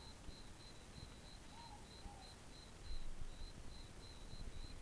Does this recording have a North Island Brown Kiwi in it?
no